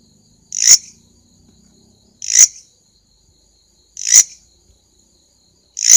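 Grasshopper call of crisp, buzzy rasps repeated every one and a half to two seconds against a quiet, thin high tone.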